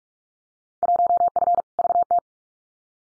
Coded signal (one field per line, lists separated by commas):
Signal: Morse code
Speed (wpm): 46 wpm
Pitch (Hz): 700 Hz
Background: none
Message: 1F VT